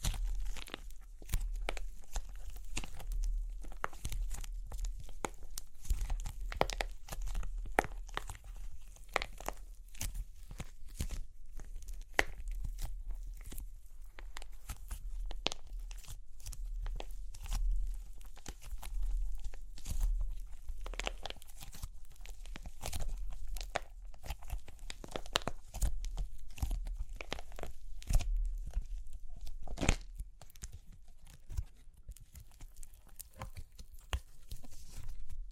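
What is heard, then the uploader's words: Dense, irregular crunching and cracking of clay, sharp snaps coming rapidly throughout with a steady low rumble underneath, thinning slightly near the end. Super Crunchy Clay Cracking (No Talking).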